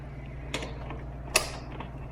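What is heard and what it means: A keyed cord and hose connector, which only fits one way, is plugged into a Game Ready cold compression therapy control unit over a steady low hum. A scrape at 0.5 s and soft taps at 0.9 s and 1.8 s surround the loudest, sharp click at 1.4 s, where the connector seats.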